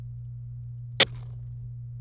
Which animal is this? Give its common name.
Domestic Canary